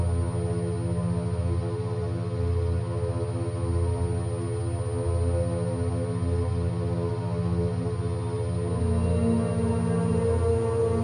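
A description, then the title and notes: Steady layered tones drawn from 852, 963 and 432 Hz hold without a break, over a deep, slowly throbbing hum at an even, unchanging loudness. Third Eye Chakra, Frequency 852 Hz - 963 Hz 432 Hz.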